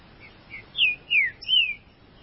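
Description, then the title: Green-winged saltator singing three rich, downslurred whistles in quick succession, preceded by two soft short notes. "Trinca Ferro"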